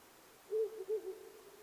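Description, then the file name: Owl giving a short run of about four low hoots, the first and third strongest. Recorded 9 May 2009 at 19:10. "fukurou-20090509-1910"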